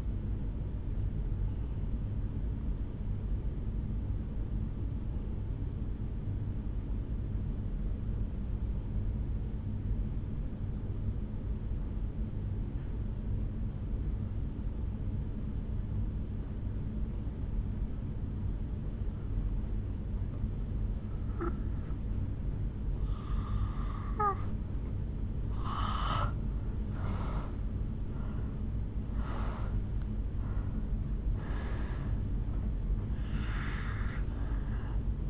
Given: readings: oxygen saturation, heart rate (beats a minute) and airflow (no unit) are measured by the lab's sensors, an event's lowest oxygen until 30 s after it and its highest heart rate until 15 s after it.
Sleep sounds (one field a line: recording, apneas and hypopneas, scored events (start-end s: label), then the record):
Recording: breathing in sleep by a smartphone at the bedside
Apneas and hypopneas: 1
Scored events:
3.00-24.70 s: hypopnea (N2, oxygen 95% highest, then 79% lowest, heart rate 56 at the start, 74 highest)
From the record:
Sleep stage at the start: N2 (light sleep)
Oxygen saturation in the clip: 82 to 95%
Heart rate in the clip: 53 to 74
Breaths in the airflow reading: 6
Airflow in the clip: -11.3 to 6.1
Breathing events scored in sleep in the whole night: 449 in 7.0 hours asleep